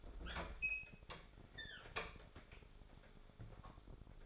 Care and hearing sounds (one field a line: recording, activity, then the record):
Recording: daily activity, microphone in the room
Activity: open fridge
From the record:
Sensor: 5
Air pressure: 1004.7 hPa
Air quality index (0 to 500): 158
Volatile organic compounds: 3 ppm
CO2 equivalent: 1493 ppm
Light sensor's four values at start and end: 21/49/19/18 and 24/54/21/20